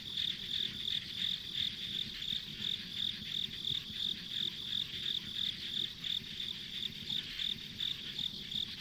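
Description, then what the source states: Insects calling: a shrill pulsed chirp repeated in an even rhythm, roughly three beats a second, layered over a steady high insect hum. Ambient insect sounds on a country road.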